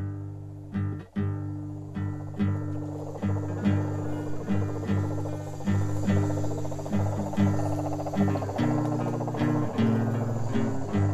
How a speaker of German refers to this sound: In der Nacht halten mich die Gesänge der Kröten unten am Fluss noch lange wach.